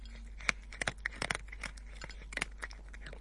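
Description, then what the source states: Cat eating: irregular crunching and chewing clicks in quick bursts, with small bites and snaps scattered through a low steady background. Eating cat food.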